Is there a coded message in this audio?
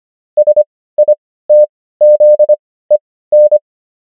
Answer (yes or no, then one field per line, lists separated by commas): yes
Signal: Morse code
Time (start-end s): 0.4-3.6 s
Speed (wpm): 25 wpm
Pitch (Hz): 600 Hz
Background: none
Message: SITZEN